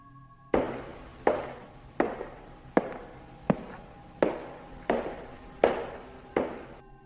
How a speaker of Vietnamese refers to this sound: Chỉ có mỗi tiếng bước chân lộc cộc của Đồng và tiếng rè rè của chiếc máy bộ đàm ở trên tay vang lên